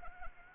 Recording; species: mosquito wingbeat signal from an infrared sensor; Anopheles arabiensis